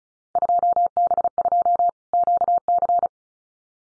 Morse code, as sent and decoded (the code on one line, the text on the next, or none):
..--- -... ..--- / --.- -.-.
2B2 QC